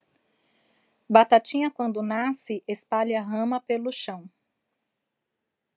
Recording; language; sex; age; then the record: short text; Brazilian Portuguese; female; 40 to 49 years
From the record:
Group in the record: control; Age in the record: 42 years